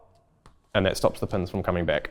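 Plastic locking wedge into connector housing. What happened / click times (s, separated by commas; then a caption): A plastic locking piece snaps into the connector / 0.5 s. An orange plastic locking wedge is dropped into the top of a connector housing during a hard lid central locking installation, seating with a short, quiet snap at 0.5 s that keeps the pins from backing out. Someone then talks.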